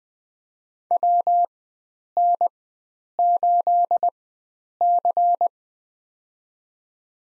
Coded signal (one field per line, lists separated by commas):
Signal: Morse code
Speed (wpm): 20 wpm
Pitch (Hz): 700 Hz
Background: none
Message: WN8C